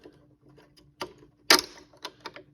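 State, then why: Seated. On a Tacx Antares bicycle training roller frame, a spring and locking pin fitted into the frame's position-one length-adjustment hole are pushed down until they lock. Quieter taps come at about 1.0 s, and a sharp, loud click at 1.5 s marks the pin seating into place. A few lighter ticks follow, and the frame is confirmed set to position one.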